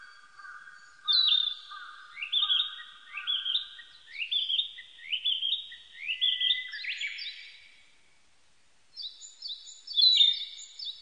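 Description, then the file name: Narcissus flycatcher singing: soft low whistles, then a run of loud rising, slurred notes, a quiet gap, and a final burst of high chirps. Recorded 25 April 1998; identified by the Japanese name kibitaki. "980425 kibitaki"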